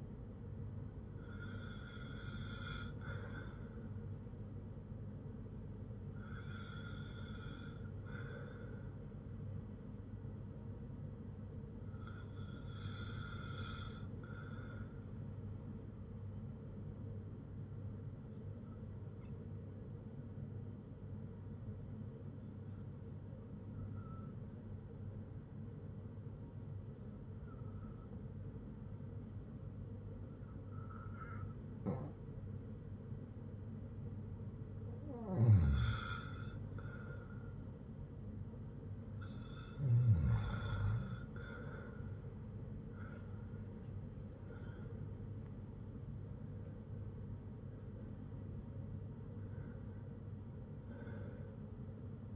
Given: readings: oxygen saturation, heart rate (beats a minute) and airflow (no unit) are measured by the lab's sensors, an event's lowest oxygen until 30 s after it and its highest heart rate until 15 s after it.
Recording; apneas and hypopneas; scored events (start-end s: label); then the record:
breathing in sleep by a smartphone at the bedside; 1
18.00-43.20 s: hypopnea (N1, oxygen 97% highest, then 93% lowest, heart rate 60 at the start, 82 highest)
20.00-50.00 s: new sleep stage, REM sleep
50.00-52.36 s: new sleep stage, N1 (lightest sleep)
From the record:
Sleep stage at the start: N1 (lightest sleep); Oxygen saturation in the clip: 93 to 97%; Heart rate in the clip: 58 to 82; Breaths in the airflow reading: 12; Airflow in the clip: -7.6 to 6.7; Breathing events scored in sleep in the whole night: 182 in 7.4 hours asleep